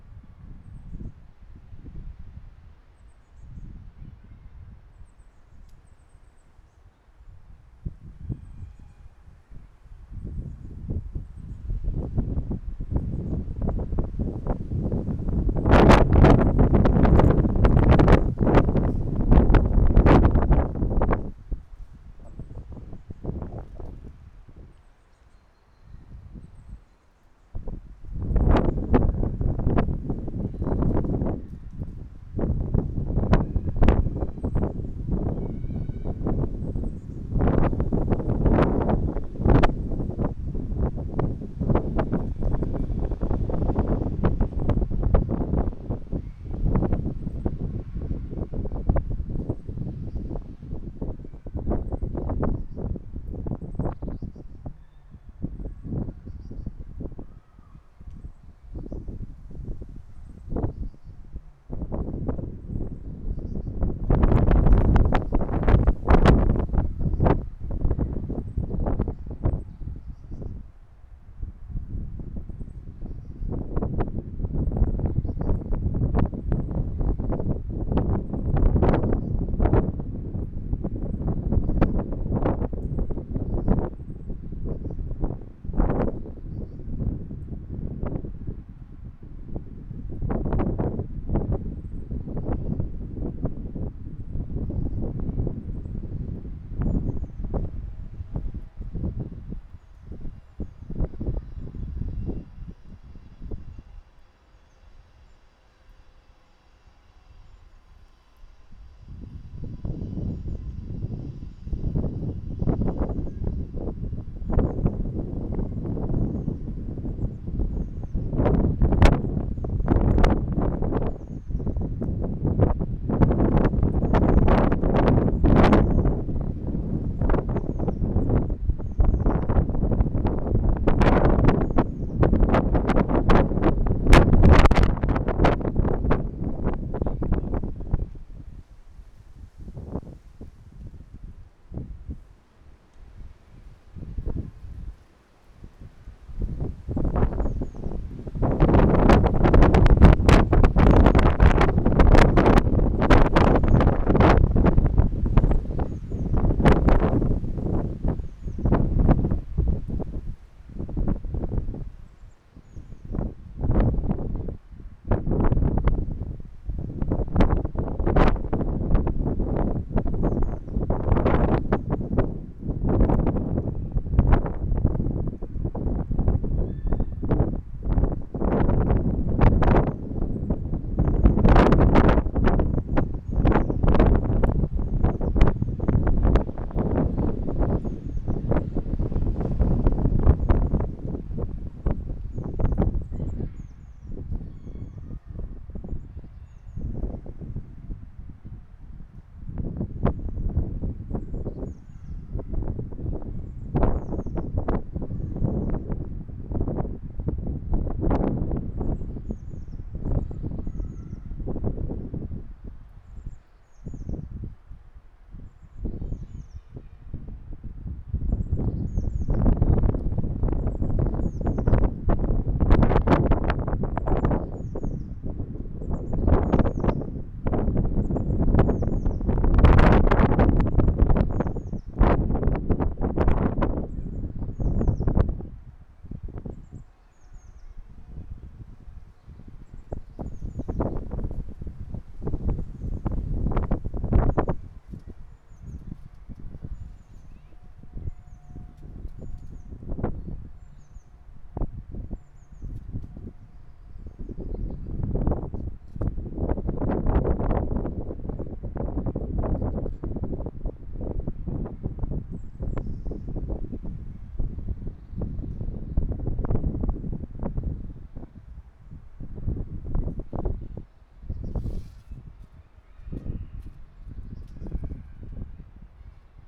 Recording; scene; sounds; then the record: everyday scene through a hearing-aid microphone; wind on the microphone; squally wind, voices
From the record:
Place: parking lot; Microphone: behind the ear, right, front